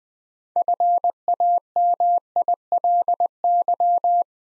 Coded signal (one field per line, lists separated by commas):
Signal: Morse code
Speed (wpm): 20 wpm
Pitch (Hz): 700 Hz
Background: none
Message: FAMILY